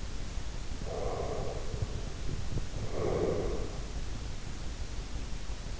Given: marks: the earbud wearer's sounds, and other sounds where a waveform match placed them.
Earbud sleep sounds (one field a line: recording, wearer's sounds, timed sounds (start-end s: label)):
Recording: sounds in sleep by an in-ear microphone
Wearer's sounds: breath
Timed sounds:
0.76-3.88 s: breath